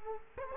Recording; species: mosquito wingbeat signal from an infrared sensor; Culex quinquefasciatus